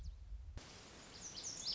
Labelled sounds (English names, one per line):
Lazuli Bunting